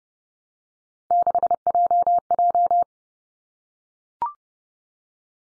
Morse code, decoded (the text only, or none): 6JJ